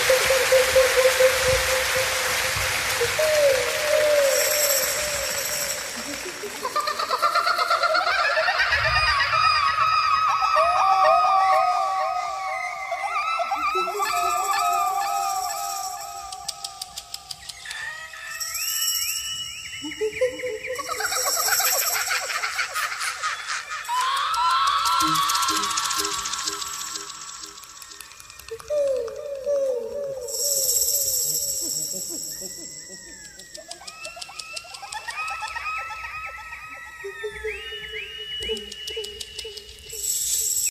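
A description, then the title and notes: A nature recording filled with constant, overlapping bird-like calls: warbling, sliding whistles and quick chirps at mid to bright pitches, crowding together for the whole clip. Thin high trills break in every few seconds, and a soft hiss sits underneath at the very start. Naturesounds.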